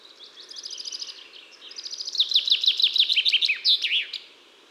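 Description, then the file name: Common chaffinch song: a softer trill, then a louder full phrase of descending repeated notes closing with a distinct end flourish. "Fringilla coelebs"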